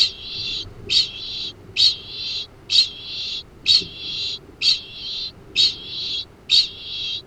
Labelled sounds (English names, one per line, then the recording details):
Kākāpō ching call
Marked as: faintness 2/5
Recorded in New Zealand
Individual Arab